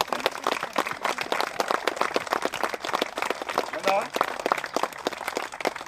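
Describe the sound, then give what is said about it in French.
Audience applause for the gardeners, technical team, designers and artists who made a garden course: dense, steady clapping from many hands fills the whole stretch, with a brief spoken word rising over it partway through. “merci à l'équipe des jardiniers, à l'équipe technique, à l'équipe des potagers qui a fait un très beau potager structuré, et bien sûr à l'ensemble des concepteurs, artistes, et je vous propose d'applaudir ceux qui ont fabriqué ce très beau parcours.”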